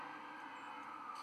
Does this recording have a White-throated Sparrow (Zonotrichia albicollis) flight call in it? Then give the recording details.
yes. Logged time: 01:16 on 24 November 2014